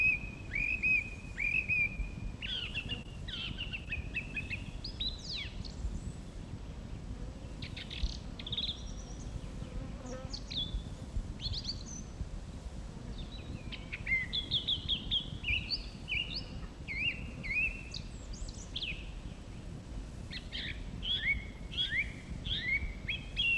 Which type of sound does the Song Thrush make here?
song